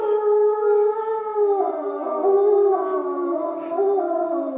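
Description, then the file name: Gray wolf: wolves howling together, several long smooth tones overlapping, some holding steady while others slide down and rise again, a layered chorus throughout. Wolves recorded in Schorfheide, Germany, on 29 October 2015. "Wölfe Schorfheide"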